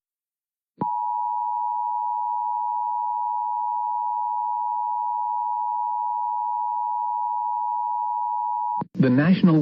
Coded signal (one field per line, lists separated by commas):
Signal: Emergency Alert System (SAME) tones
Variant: 853 and 960 Hz attention tone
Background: speech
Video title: Tornado Warning EAS in Philadelphia, PA